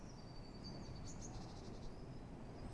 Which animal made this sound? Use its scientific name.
Parus major